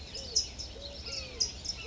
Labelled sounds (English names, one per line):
Eurasian Collared Dove